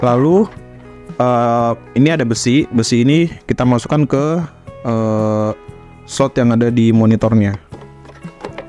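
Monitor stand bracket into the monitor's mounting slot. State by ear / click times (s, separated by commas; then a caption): seated / 8.6 s. The metal bracket of a monitor stand is inserted into the mounting slot on the monitor and pushed until it clicks into place. Someone talks over background music, and a sharp click is heard at 8.6 s, seating the bracket.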